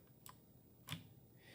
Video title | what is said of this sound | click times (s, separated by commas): Sony Handy cam Lights Camera Action | that's it that's the click and then you can pull it out now typically | 0.3 s, 0.9 s